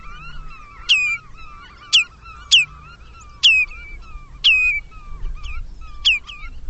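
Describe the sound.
Bird calls: loud descending chirps at irregular intervals, with wavering whistles underneath throughout.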